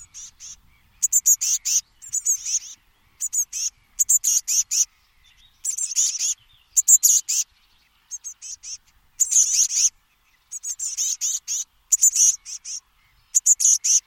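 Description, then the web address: Bird calling in bursts of high, sharp chirps, clustered in rapid groups with short silent gaps between them throughout. "birddata Bird Only"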